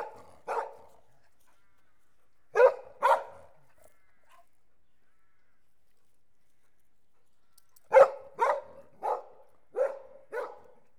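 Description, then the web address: Collie giving a sharp single bark, then a pair, a long silence, and finally a quick run of five barks toward the end. "BBC Sound Effects Library. Collie Dog Barking"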